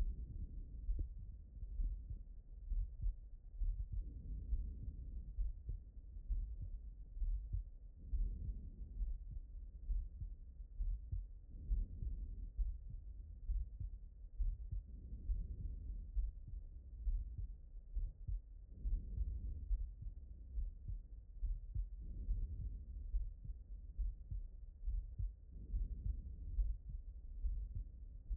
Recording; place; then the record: heart sounds by stethoscope; aortic valve (AV)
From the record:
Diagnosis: non-HFrEF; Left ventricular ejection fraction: 75%